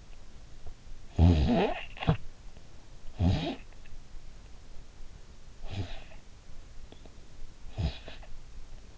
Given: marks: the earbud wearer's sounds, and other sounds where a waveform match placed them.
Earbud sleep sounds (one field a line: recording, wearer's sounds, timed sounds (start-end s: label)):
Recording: sounds in sleep by an in-ear microphone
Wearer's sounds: snoring breath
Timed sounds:
0.98-4.05 s: snoring breath
5.30-6.34 s: snoring breath
7.33-8.48 s: snoring breath